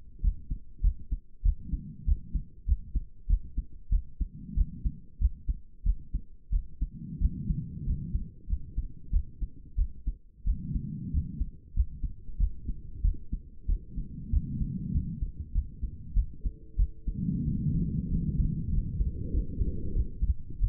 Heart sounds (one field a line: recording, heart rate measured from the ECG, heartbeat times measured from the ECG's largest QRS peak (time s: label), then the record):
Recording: heart sounds by stethoscope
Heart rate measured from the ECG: 94 bpm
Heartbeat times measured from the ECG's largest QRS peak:
0.22 s: heartbeat
0.82 s: heartbeat
1.43 s: heartbeat
2.06 s: heartbeat
2.66 s: heartbeat
3.28 s: heartbeat
3.90 s: heartbeat
4.55 s: heartbeat
5.20 s: heartbeat
5.84 s: heartbeat
6.51 s: heartbeat
7.20 s: heartbeat
7.85 s: heartbeat
8.48 s: heartbeat
9.11 s: heartbeat
9.77 s: heartbeat
10.45 s: heartbeat
11.12 s: heartbeat
11.75 s: heartbeat
12.38 s: heartbeat
13.03 s: heartbeat
13.67 s: heartbeat
14.31 s: heartbeat
14.93 s: heartbeat
15.53 s: heartbeat
16.15 s: heartbeat
16.77 s: heartbeat
17.45 s: heartbeat
18.09 s: heartbeat
18.71 s: heartbeat
19.32 s: heartbeat
19.94 s: heartbeat
20.60 s: heartbeat
From the record:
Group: healthy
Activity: rest 0-18 s, breath hold 18-21 s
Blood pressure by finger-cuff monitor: 107/62 mmHg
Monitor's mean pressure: 75 mmHg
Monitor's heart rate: 95 bpm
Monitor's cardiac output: 7.8 L/min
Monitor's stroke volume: 84 mL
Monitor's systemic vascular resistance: 680 dyn s/cm5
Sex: female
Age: 22 years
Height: 163 cm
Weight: 67.1 kg